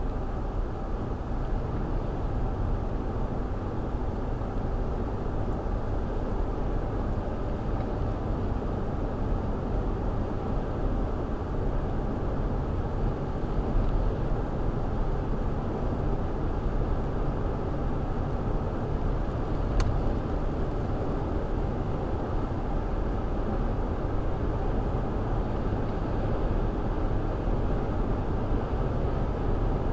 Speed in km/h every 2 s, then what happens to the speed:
89, 90, 95, 95, 97, 100, 103, 103, 105, 106, 108, 109, 113, 113, 113.
0-30 speeds up to 113.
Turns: none.